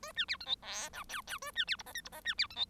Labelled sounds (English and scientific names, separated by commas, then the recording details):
Bengalese Finch (Lonchura striata domestica) song
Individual Bird1